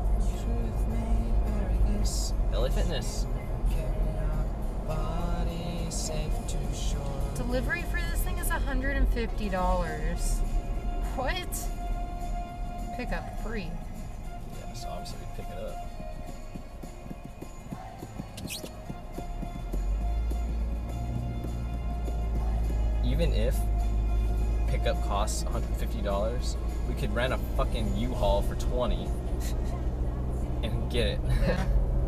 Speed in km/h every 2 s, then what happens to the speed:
61, 63, 63, 53, 44, 32, 21, 10, 3, 6, 16, 27, 35, 42, 48, 56.
0-5 steady at about 63. 5-16 brakes to 3. 16-32 speeds up to 56.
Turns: none.